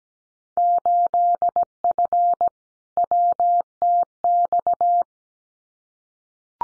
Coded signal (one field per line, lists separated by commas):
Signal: Morse code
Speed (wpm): 17 wpm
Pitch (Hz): 700 Hz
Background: none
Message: 8F WTX